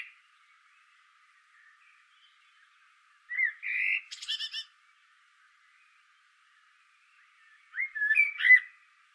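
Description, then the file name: Common blackbird song: two separate phrases, each a mellow whistled warble followed by a thin high-pitched squeaky flourish, with a long quiet gap between. "Turdus merula"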